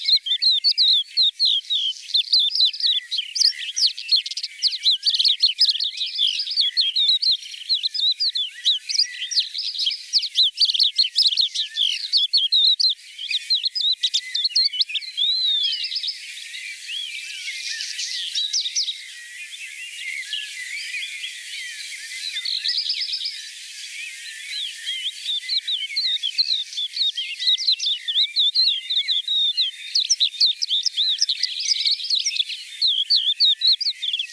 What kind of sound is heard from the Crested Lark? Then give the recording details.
song. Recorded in the wild. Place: Breisach/Kaiserstuhl, Baden-Württemberg, DE. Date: 1985-06-30. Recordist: Schwarz, Dieter. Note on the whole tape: Song